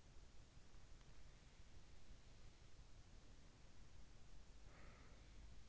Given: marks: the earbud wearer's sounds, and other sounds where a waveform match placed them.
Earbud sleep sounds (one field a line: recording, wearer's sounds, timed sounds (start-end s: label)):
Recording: sounds in sleep by an in-ear microphone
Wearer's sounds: breath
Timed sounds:
3.01-5.65 s: breath